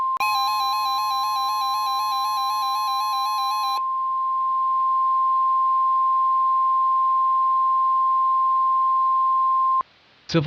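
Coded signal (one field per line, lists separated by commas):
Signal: Emergency Alert System (SAME) tones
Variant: 1050 Hz attention tone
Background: music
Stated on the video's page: Mock EAS scenario with valid tones capable of triggering real activations.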